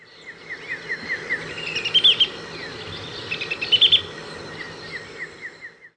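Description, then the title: Bird song, short bright chirped phrases around two seconds and near four seconds, over a steady high insect-like buzz and a repeated short note in the background. "LuckyPassaro Completos2Sama"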